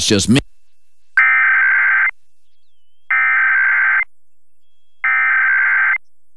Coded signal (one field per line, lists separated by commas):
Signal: Emergency Alert System (SAME) tones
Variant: header bursts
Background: speech